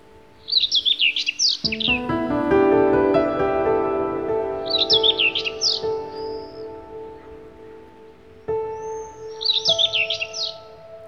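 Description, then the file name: Bird chirping in three quick clusters of high, tumbling notes over sustained low tonal drones. "Bird Song Group - Chirping"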